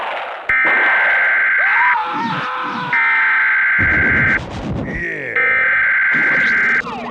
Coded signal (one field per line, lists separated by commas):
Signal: Emergency Alert System (SAME) tones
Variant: header bursts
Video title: Twisted Metal 1 : an EAS Scenario